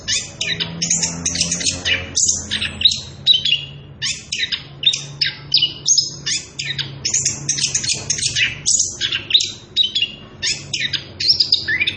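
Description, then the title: Orange-headed thrush pouring out a nonstop, dense song of high chirps, buzzes and whistles, bursts packed closely together. Energetic continuous singing (ngerol) at high volume, used as a lure and training recording for young birds (trotolan). "Anis Kembang Gacor. pancingan anis kembang ngerol edan volume dasyattt cocok buat masteran trotolan"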